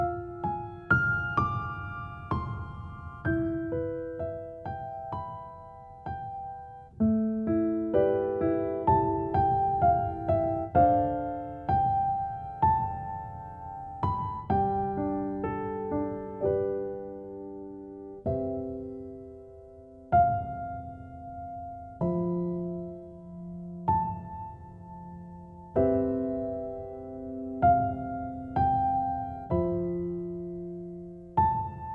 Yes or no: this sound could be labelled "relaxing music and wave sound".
yes